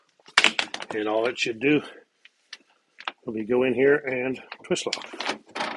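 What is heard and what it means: Someone talks while handling the plastic exhaust hose end connector, twisting it toward the outlet of a Newair 14,000 BTU portable air conditioner/heater/dehumidifier. Short sharp handling taps and knocks sound between and around the speech. Nothing has seated or clicked yet; the clip ends just before the connector snaps into place.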